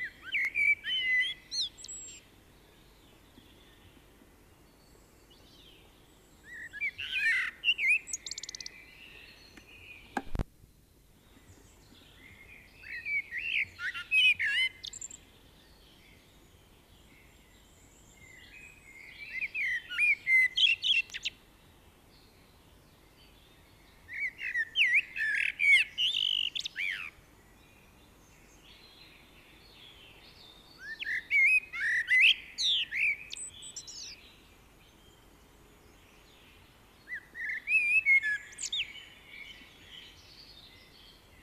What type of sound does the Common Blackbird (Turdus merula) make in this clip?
song